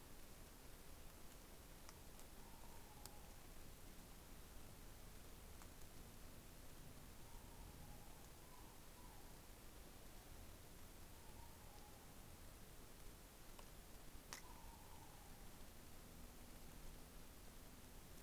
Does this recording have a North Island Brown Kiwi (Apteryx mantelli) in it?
no